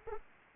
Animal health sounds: mosquito wingbeat signal from an infrared sensor; Anopheles arabiensis

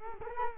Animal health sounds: mosquito wingbeat signal from an infrared sensor; Culex quinquefasciatus

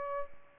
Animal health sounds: mosquito wingbeat signal from an infrared sensor; Aedes aegypti

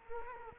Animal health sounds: mosquito wingbeat signal from an infrared sensor; Culex quinquefasciatus

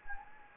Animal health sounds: mosquito wingbeat signal from an infrared sensor; Anopheles gambiae

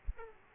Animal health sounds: mosquito wingbeat signal from an infrared sensor; Aedes aegypti

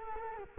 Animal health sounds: mosquito wingbeat signal from an infrared sensor; Culex quinquefasciatus

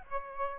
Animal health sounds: mosquito wingbeat signal from an infrared sensor; Aedes aegypti

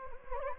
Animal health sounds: mosquito wingbeat signal from an infrared sensor; Anopheles gambiae

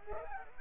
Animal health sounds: mosquito wingbeat signal from an infrared sensor; Culex pipiens

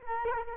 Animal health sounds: mosquito wingbeat signal from an infrared sensor; Culex quinquefasciatus

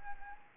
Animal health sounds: mosquito wingbeat signal from an infrared sensor; Anopheles arabiensis

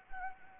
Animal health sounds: mosquito wingbeat signal from an infrared sensor; Anopheles gambiae

